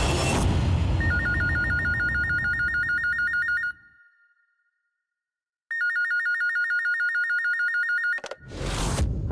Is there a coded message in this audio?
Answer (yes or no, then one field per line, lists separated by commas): no